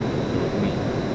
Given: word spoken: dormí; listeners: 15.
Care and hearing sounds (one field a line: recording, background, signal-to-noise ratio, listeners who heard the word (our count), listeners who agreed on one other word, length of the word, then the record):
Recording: one Spanish word in noise, from a listening test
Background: speech-shaped noise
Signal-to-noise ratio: -6.4 dB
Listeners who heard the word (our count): 0 of 15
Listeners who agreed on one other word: 10 of 15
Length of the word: 0.75 s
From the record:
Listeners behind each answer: 10, 1, 1, 1, 1, 1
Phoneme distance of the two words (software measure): 7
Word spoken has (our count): 2 syllables, 5 phonemes, stress on syllable 2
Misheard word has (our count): 2 syllables, 6 phonemes, stress on syllable 2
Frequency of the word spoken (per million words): 2.58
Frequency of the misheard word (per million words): 54.53